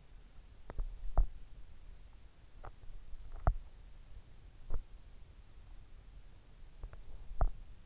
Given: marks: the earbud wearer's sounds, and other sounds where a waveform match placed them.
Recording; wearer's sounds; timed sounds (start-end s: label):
sounds in sleep by an in-ear microphone; teeth grinding
0.49-1.64 s: teeth grinding
2.45-3.75 s: teeth grinding
4.53-5.01 s: teeth grinding
6.68-7.86 s: teeth grinding